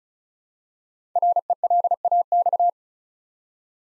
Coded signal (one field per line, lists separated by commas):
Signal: Morse code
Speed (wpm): 36 wpm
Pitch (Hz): 700 Hz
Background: none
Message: RELAX